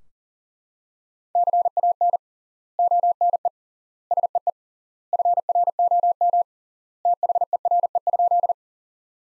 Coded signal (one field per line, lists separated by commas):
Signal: Morse code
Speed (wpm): 40 wpm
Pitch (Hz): 700 Hz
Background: none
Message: CAN ONE SEE FROM THERE?